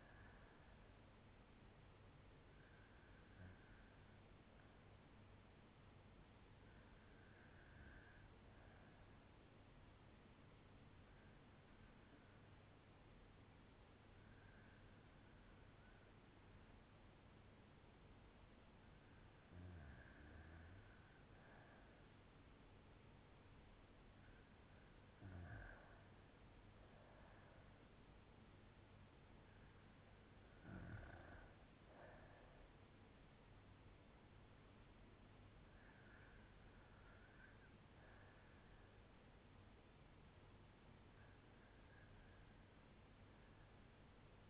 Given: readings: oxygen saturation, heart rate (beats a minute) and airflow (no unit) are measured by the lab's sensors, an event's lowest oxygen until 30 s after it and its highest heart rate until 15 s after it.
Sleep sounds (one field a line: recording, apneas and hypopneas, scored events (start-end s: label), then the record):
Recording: breathing in sleep by a voice recorder at the bedside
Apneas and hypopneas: 1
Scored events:
3.00-21.00 s: hypopnea (REM, oxygen 96% highest, then 87% lowest, heart rate 57 at the start, 71 highest)
From the record:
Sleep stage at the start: REM sleep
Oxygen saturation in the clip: 87 to 96%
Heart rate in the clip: 56 to 71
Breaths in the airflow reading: 10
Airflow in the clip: -5.6 to 7.5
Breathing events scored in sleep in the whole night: 182 in 7.4 hours asleep